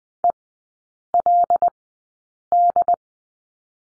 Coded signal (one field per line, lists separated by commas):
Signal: Morse code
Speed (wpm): 20 wpm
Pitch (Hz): 700 Hz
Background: none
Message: ELD